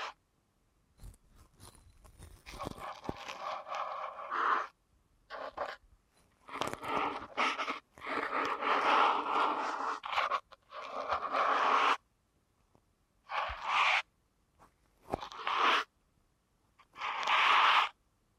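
Ear canal massage: bursts of scratchy, rustling rubbing, fairly bright with a hissy edge, separated by short silences. Longer stretches of rubbing run through the first twelve seconds, followed by three brief, evenly spaced strokes near the end.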